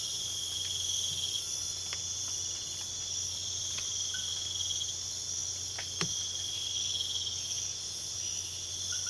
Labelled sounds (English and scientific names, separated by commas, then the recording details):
none
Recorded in pastures near Puerto Asís, Putumayo, Colombia, on 24 March 2025 at 01:00
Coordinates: 0.487, -76.322
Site G077